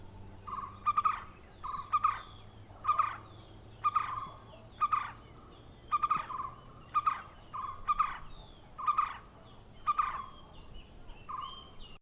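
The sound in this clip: White-cheeked barbet giving a monotonous series of low trilled notes, repeated roughly once per second, about eleven in a row.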